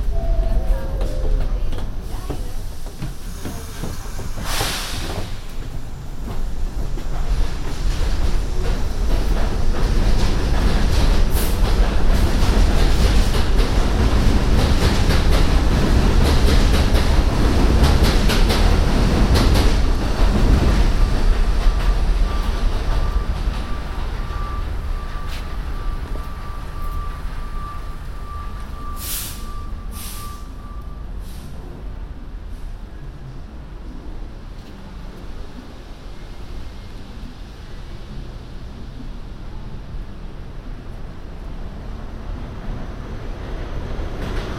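A subway train rumbles steadily, swelling loudest mid-clip then easing, with sharp clicks around five and thirty seconds and a brief high whine.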